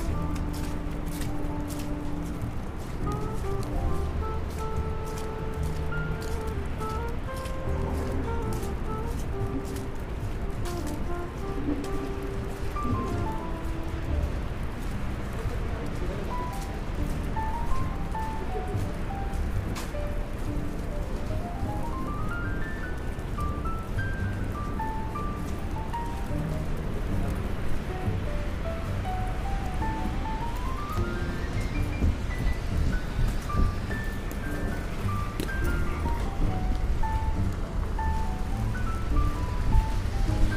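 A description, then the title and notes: Rain falls on a New York street under a constant low rumble of traffic, with sharp drips and taps scattered across the top. A tune of stepped notes plays throughout, climbing in quick runs near 22 and 32 seconds, while the overall level stays even. Raining Day In New York.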